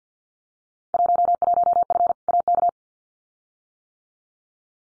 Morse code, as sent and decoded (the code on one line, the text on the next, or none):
.---- .---- ..-. / .- -.-
11F AK